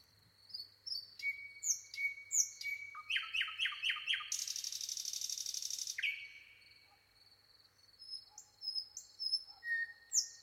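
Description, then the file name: Common nightingale singing: thin whistles, a quick run of chook notes, a dense buzzy trill about two seconds long, then softer scattered whistled notes. "Luscinia megarhynchos"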